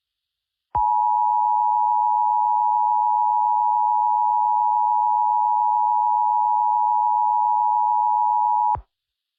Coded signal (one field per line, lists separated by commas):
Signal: Emergency Alert System (SAME) tones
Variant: 853 and 960 Hz attention tone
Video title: EAS Scenario 1: Monika's Rampage (Part 3)